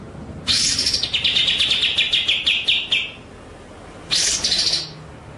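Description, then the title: White-rumped shama song: a long phrase of rapid stuttering high notes that slows toward its end, then a short bright phrase after a pause. Masteran (training) track featuring full ngerol and nembak song styles. "Masteran Murai Batu Full Ngerol Nembak"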